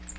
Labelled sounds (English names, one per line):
Cape May Warbler flight call